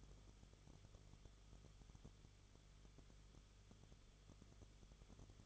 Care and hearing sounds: daily activity, microphone in the room; no activity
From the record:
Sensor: 4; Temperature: 22.9 degrees Celsius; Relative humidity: 34.5%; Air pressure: 1011.5 hPa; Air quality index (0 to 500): 193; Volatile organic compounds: 13 ppm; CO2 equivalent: 2389 ppm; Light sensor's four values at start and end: 2/3/1/1 and 2/3/1/1

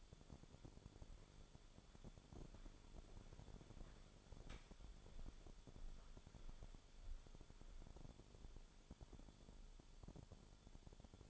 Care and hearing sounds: daily activity, microphone in the room; walk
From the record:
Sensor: 5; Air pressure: 1015.4 hPa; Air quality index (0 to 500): 175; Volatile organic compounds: 6 ppm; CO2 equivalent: 1899 ppm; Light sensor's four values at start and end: 38/88/36/35 and 38/88/36/35

